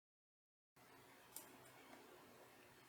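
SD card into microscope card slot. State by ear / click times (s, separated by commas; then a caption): seated / 1.4 s. An SD card is pushed into the card slot of an Andonstar AD208 1080p digital microscope. After a short silence, a low background hiss leads into one sharp click at 1.4 seconds, and the card is seated in position.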